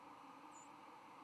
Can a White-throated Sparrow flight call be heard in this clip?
yes